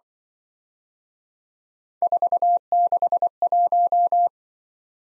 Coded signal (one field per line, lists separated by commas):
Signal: Morse code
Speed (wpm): 24 wpm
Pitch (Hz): 700 Hz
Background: none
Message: 461